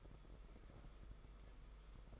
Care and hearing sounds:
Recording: daily activity, microphone in the room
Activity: take from stove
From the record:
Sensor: 5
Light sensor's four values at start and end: 33/102/39/42 and 33/102/39/42

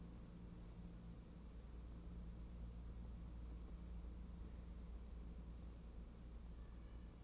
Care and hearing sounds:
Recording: daily activity, microphone in the room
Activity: wipe stove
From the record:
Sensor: 1

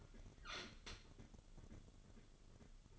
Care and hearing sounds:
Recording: daily activity, microphone in the room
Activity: open fridge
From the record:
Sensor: 4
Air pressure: 1008.6 hPa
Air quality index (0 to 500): 76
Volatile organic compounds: 1 ppm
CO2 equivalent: 636 ppm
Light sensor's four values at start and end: 13/30/12/12 and 12/28/11/12

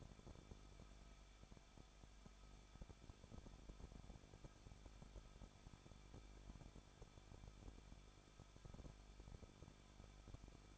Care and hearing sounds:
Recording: daily activity, microphone in the room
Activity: no activity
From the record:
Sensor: 5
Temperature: 20.7 degrees Celsius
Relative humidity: 38.7%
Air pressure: 1006.5 hPa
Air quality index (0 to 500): 193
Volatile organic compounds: 21 ppm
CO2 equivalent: 2725 ppm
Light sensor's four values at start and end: 2/3/1/1 and 2/3/1/1

